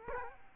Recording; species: mosquito wingbeat signal from an infrared sensor; Culex quinquefasciatus